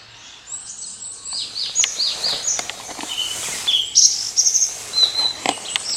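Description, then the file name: Blue-and-white flycatcher song: a run of high whistled and slurred notes with a few sharp clicks, steady background hiss throughout. Recorded 9 May 2020. "20200509 ooruri"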